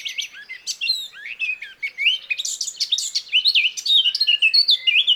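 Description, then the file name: Eurasian blackcap pouring out a steady, fast warble of high chirps, slurred whistles and trills throughout. "Sylvia atricapilla"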